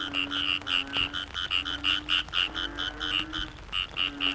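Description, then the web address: Frogs calling, sharp bright croaks repeated in a quick irregular series over softer low droning notes from other frogs. Frogs in the Cherating wetlands, Malaysia. "yamaha frogs cherating wetlands. malaysia"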